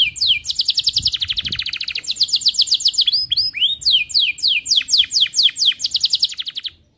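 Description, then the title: Atlantic canary singing continuously in fast rolling trills, changing tempo and pitch every second or so, with sharp upward-sweeping notes woven between the high rattling phrases. Canary in energetic full song (gacor), with the best melodic phrasing (cengkok) and the most luxurious fill-in phrases (isian). "Kenari Gacor Cengkok Terbaik Isian Paling Mewah Kenarigacor Kicaumania Kenari"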